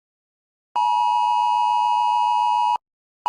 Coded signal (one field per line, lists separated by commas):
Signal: Emergency Alert System (SAME) tones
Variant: 853 and 960 Hz attention tone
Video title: Reich EAS Scenario (Part 3)